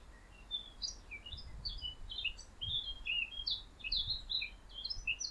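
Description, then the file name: Eurasian blackcap chattering in quick, varied high notes, scratchy and twittering, running almost without pause, with faint low rumbling underneath. "Sylvia atricapilla"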